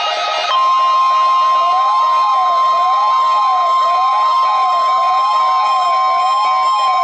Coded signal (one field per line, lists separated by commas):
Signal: Emergency Alert System (SAME) tones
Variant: 1050 Hz attention tone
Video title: THURSDAY Required Weekly Test - 10/04/18 (EAS #1,751)